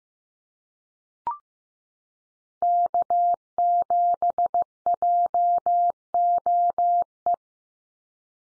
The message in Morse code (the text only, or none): K7JOE